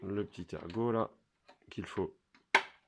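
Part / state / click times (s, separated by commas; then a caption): motorcycle seat retaining clip on the frame / released / 2.6 s. Someone talks while turning a small tab on the seat retaining clip on the frame of a V-Rod Muscle motorcycle, during water pump work. The clip unclips with one sharp, loud snap at 2.6 s, releasing the seat.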